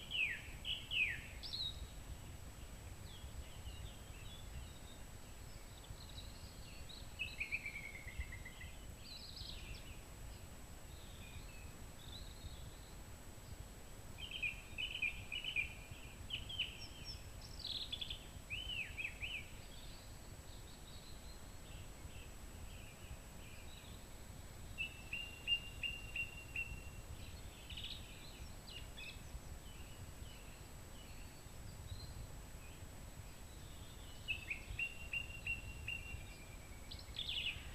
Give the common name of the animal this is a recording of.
Song Thrush